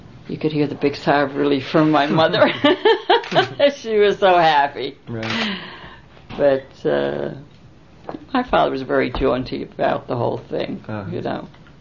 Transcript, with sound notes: you could hear the big sigh of relief from my mother. ( she laughs ) She was so happy. But my father was very jaunty about the whole thing, you know.